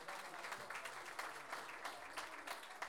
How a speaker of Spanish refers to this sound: Y por supuesto que pedimos un aplauso para los que no quedaron, ¿cierto? Porque también, como decíamos, detalles.